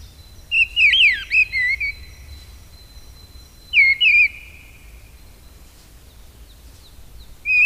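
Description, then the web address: Mistle thrush giving a longer warbling whistled phrase, then a shorter one after a pause, and the start of another at the end. "agykontroll Madardalok Cd 1. Léprigó"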